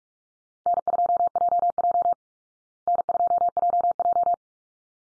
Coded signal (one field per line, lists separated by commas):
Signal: Morse code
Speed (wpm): 44 wpm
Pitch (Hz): 700 Hz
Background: none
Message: N2JJ N2JJ